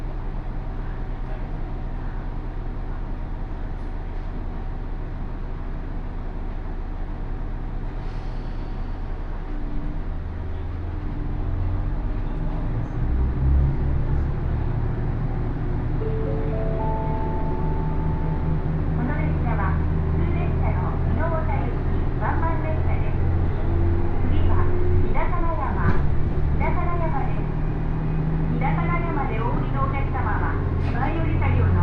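A local train on the Takayama Main Line travels from Jōro toward Shimo-Yui, a steady low rumble running throughout. Near 13 seconds the engine grows louder with rising droning tones, and from about 18 seconds short bursts of speech come and go.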